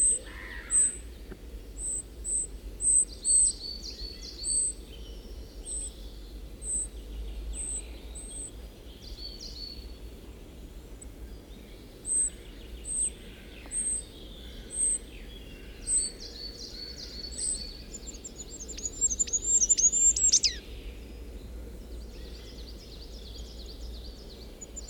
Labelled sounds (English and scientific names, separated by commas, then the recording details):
Goldcrest (Regulus regulus) song
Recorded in the wild
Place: Gingst, Gingster Heide, Mecklenburg-Vorpommern, DE
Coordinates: 54.47, 13.334
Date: 1975-05-01
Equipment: Nagra III BH, Sennheiser MD 21, parabola
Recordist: Schubert, Michael